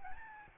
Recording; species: mosquito wingbeat signal from an infrared sensor; Aedes albopictus